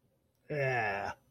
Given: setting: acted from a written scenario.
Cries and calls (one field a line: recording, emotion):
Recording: vocal sound without words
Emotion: contempt